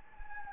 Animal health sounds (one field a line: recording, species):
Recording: mosquito wingbeat signal from an infrared sensor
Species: Anopheles gambiae